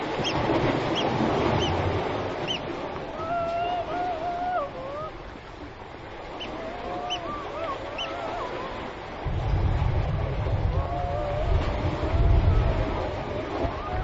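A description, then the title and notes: Seals call throughout, with wavering, sliding moans and short high chirps overlapping. Water surges and slushes in a low, rough rumble that swells at the start and again from about nine to thirteen seconds, over a steady wash of background noise. Seal Gully with Roger Boughton. This clip caught Robert at the start of a storm on a overhanging cliff, approaching the seals.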